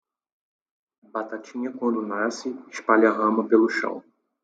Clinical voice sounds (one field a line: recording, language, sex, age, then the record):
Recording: short text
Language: Brazilian Portuguese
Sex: male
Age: 20 to 29 years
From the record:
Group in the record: control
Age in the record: 29 years